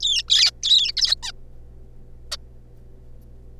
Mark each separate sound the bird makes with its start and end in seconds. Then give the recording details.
0.01-0.23, 0.28-0.51, 0.63-0.92, 0.97-1.15, 1.23-1.31. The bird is a juvenile. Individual R3549